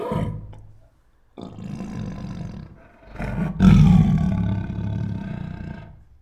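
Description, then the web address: Tiger growling in deep, rumbling bursts: a short one, a longer one, then a loud, raspy growl that slowly fades. Protective growls. "Sound Ideas Tigers Sound Effects"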